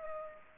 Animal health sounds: mosquito wingbeat signal from an infrared sensor; Culex pipiens

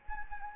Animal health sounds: mosquito wingbeat signal from an infrared sensor; Anopheles gambiae

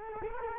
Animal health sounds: mosquito wingbeat signal from an infrared sensor; Culex quinquefasciatus

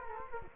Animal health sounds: mosquito wingbeat signal from an infrared sensor; Culex quinquefasciatus

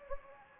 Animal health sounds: mosquito wingbeat signal from an infrared sensor; Anopheles gambiae

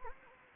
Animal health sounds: mosquito wingbeat signal from an infrared sensor; Anopheles gambiae

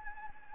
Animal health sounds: mosquito wingbeat signal from an infrared sensor; Anopheles gambiae

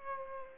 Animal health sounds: mosquito wingbeat signal from an infrared sensor; Aedes aegypti

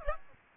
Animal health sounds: mosquito wingbeat signal from an infrared sensor; Aedes aegypti

